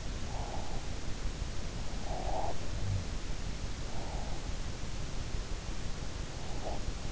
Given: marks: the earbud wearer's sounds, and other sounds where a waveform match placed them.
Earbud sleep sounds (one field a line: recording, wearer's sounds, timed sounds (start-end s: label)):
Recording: sounds in sleep by an in-ear microphone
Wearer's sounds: breath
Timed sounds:
0.05-1.20 s: breath
1.83-2.79 s: breath
2.23-3.42 s: sound from someone else or the room
3.64-4.60 s: breath
6.20-7.12 s: breath